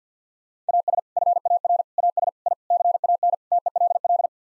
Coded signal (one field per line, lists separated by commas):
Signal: Morse code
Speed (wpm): 50 wpm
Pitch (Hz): 700 Hz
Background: none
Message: AS FAR AS I CAN TELL